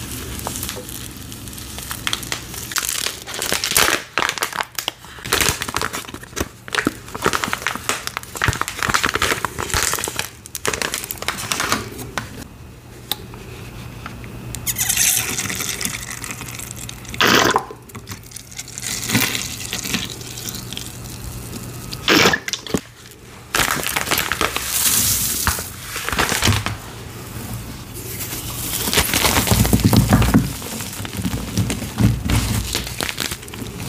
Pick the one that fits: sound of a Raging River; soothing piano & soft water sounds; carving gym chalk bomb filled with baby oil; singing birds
carving gym chalk bomb filled with baby oil